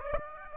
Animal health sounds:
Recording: mosquito wingbeat signal from an infrared sensor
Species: Aedes aegypti

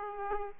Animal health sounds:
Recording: mosquito wingbeat signal from an infrared sensor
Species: Aedes aegypti

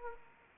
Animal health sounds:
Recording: mosquito wingbeat signal from an infrared sensor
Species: Anopheles arabiensis

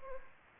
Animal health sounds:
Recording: mosquito wingbeat signal from an infrared sensor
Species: Anopheles gambiae

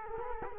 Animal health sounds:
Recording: mosquito wingbeat signal from an infrared sensor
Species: Culex quinquefasciatus

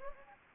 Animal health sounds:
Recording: mosquito wingbeat signal from an infrared sensor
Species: Anopheles gambiae

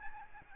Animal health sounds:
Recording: mosquito wingbeat signal from an infrared sensor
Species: Aedes albopictus

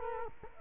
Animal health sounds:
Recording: mosquito wingbeat signal from an infrared sensor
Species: Culex quinquefasciatus

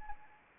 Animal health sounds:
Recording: mosquito wingbeat signal from an infrared sensor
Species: Anopheles arabiensis

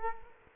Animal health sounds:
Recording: mosquito wingbeat signal from an infrared sensor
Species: Culex quinquefasciatus

